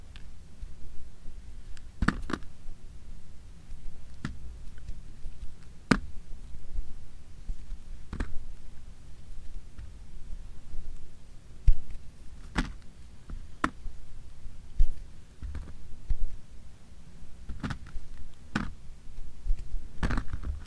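A fingernail taps on plastic packaging in short, sharp clicks, spaced unevenly every second or two, sometimes in quick pairs. The taps are crisp and bright against a quiet, steady low hum that runs underneath throughout.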